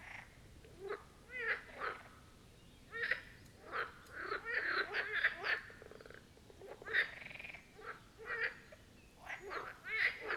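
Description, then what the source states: Chorus of marsh frogs: quick chattering croak bursts from many animals, rising and falling in waves, busier in the middle. Chorus of marsh frogs at the Birkensee, Schönbuch, Germany; recorded on one of the first properly hot summer days, 2023.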